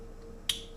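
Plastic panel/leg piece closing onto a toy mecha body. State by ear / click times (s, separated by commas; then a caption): seated / 0.5 s. While assembling a small plastic Pocket Mecha series toy from Siyang Culture's Shanyan Studio, the legs are positioned and the operating panel is closed over the seated figure on the mecha body. A single sharp, bright snap sounds at 0.5 s against quiet background noise, and the panel clicks shut, seated.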